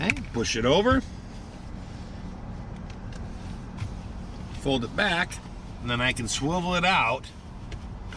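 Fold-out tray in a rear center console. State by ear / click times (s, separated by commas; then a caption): seated / 7.7 s. In a 2020 Mercedes-Benz Maybach, a fold-out tray in the rear center console is pushed over, folded back and swivelled out to its open position while someone talks. The tray clicks into place at 7.7 s, latching open.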